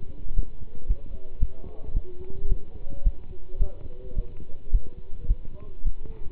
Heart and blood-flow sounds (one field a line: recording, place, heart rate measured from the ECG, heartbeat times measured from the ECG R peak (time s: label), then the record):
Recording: heart sounds by stethoscope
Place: between the tricuspid and mitral areas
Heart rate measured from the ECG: 109 bpm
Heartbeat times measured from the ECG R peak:
0.35 s: heartbeat
0.87 s: heartbeat
1.39 s: heartbeat
1.93 s: heartbeat
2.48 s: heartbeat
3.03 s: heartbeat
3.58 s: heartbeat
4.15 s: heartbeat
4.71 s: heartbeat
5.27 s: heartbeat
5.84 s: heartbeat
From the record:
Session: pedaling a stationary bicycle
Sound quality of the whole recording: good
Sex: male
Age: 27 years